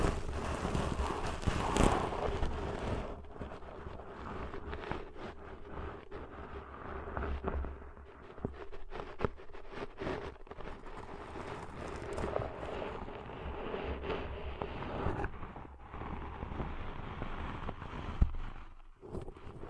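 Deep ear cleaning with dense, steady scratching and rubbing, crackling bursts throughout, a louder rustle near two seconds and a sharp pop near eighteen.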